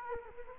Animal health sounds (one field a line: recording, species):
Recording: mosquito wingbeat signal from an infrared sensor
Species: Culex quinquefasciatus